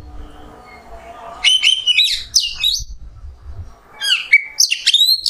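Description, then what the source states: Oriental magpie-robin song: after a quiet start with low rumble, bursts of loud, sharp whistles and buzzy sweeping notes, pausing briefly before a second rapid phrase. Indonesian masteran (tutor recording for training kept birds), song in the 'nembak' style.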